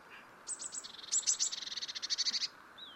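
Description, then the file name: Eurasian blue tit with a long, rapid, buzzy churr lasting well over a second, opened by a few high thin notes and followed by a faint sliding whistle. "Cyanistes caeruleus"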